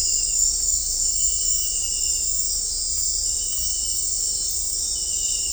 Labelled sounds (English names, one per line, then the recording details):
none
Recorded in dense forest near Puerto Asís, Putumayo, Colombia, on 18 December 2024 at 22:00
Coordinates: 0.500, -76.322
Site G053